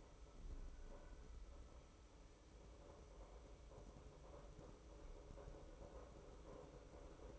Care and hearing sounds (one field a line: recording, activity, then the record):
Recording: daily activity, microphone in the room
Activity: make coffee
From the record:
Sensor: 1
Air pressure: 995.2 hPa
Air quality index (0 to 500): 30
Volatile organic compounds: 1 ppm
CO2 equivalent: 569 ppm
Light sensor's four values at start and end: 15/50/18/19 and 15/51/18/20